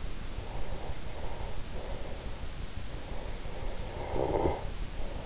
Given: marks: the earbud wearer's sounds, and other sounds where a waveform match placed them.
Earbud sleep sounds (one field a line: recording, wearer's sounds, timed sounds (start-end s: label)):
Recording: sounds in sleep by an in-ear microphone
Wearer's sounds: breath, snoring breath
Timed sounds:
0.00-3.09 s: breath
3.83-5.26 s: snoring breath